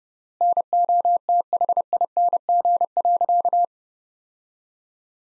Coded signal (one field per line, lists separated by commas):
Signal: Morse code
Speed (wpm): 29 wpm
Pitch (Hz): 700 Hz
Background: none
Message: NOTHING.